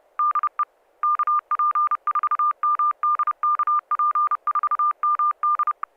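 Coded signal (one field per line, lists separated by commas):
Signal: Morse code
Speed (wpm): 31 wpm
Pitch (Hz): 1200 Hz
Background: none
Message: DE KP4MD KP4MD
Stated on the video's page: SSTV images exchanged during a weekly amateur net on a 441.300 MHz FM repeater, sent with MMSSTV.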